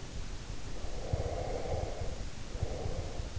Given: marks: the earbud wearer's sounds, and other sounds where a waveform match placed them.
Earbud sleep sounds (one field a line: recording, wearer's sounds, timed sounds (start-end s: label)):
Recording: sounds in sleep by an in-ear microphone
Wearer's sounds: breath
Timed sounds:
0.58-3.38 s: breath